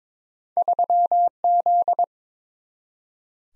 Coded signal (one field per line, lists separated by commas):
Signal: Morse code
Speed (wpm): 22 wpm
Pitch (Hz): 700 Hz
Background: none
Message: 3Z